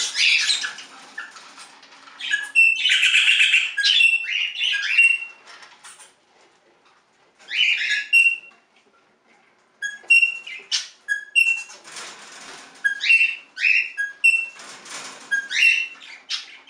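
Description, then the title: Budgerigar chatter: bursts of rasping squawks and short whistled notes, with quiet pauses, then a run of clicks, chirps and warbles. "Budgie Sounds"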